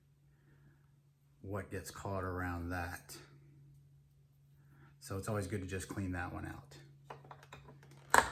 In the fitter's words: then it just snaps back in